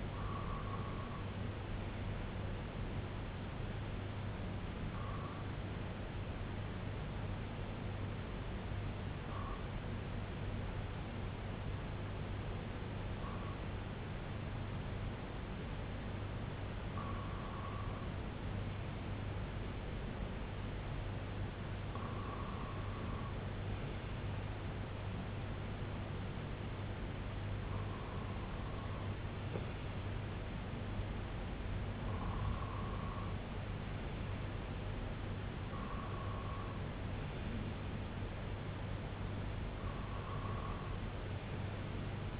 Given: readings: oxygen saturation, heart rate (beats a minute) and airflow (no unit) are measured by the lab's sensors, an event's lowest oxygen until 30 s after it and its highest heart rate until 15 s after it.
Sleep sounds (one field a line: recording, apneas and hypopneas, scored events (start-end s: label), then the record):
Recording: breathing in sleep by a voice recorder at the bedside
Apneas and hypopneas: none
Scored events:
8.00-42.40 s: new sleep stage, N2 (light sleep)
From the record:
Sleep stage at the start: N1 (lightest sleep)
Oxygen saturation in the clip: 92 to 95%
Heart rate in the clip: 61 to 68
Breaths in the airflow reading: 10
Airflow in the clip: -5.9 to 3.4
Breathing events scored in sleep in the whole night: 258 in 7.4 hours asleep